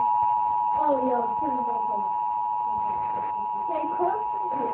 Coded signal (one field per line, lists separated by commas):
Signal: Emergency Alert System (SAME) tones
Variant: 853 and 960 Hz attention tone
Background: speech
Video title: EAS: tornado warning